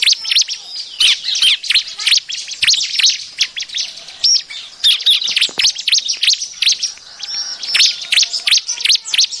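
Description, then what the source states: Bar-winged prinia giving a steady stream of sharp, high chirps and slurred notes, closely spaced and overlapping throughout. Busy, noisy calling used as a lure for catching birds.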